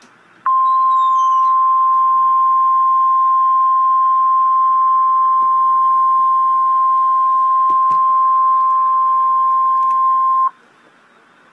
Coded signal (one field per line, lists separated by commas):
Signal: Emergency Alert System (SAME) tones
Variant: 1050 Hz attention tone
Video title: REAL EAS 764-Severe thunderstorm warning